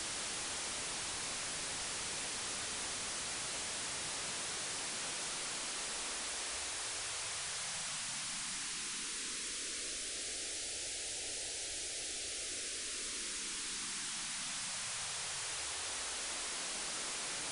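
Steady hiss of white noise; from about six seconds a hollow whooshing sweep slowly rises in pitch, peaks midway, then falls again.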